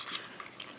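A MarineLand submersible pump motor housing is pushed down onto its filter turret base and the whole assembly is turned so its plastic tabs lock. A short plastic click sounds at 0.2 s, followed by fainter ticks, and the motor is seated and twist-locked onto the turret.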